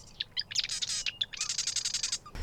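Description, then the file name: Marsh wren song: a scratchy, stuttering lead-in of sharp notes, then a fast mechanical rattle of repeated high notes ending with a short clipped note. Recorded in July 2011. "2011-07 Marsh Wrens"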